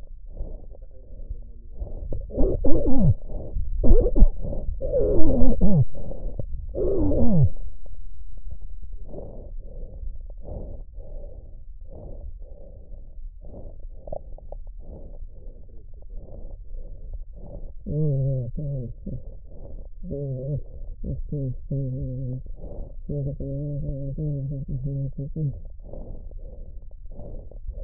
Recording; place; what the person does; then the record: lung sounds by stethoscope; left anterior apical chest; quiet breathing, then cough and speech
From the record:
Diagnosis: interstitial lung disease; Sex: male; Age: 72 years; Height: 167 cm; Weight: 74 kg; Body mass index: 26.5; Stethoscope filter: extended mode